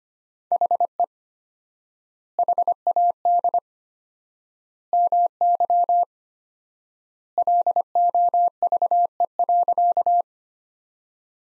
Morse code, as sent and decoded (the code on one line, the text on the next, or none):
.... . / .... .- -.. / -- -.-- / .-.. --- ...- . .-.-.-
HE HAD MY LOVE.